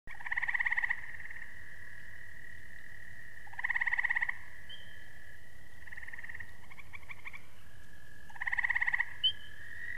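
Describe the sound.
Frog calls: short pulsed rattling bursts repeated about every four seconds over a continuous high ringing drone, with a few faint chirps in between.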